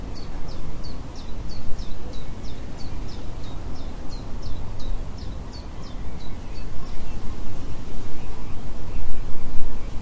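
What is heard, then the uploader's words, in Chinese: Steady wind rushes low and dense throughout while a bird repeats quick, bright chirps at a regular pace for the first seven seconds, then fades. 风声 鸟叫声 竹叶摇动的声音。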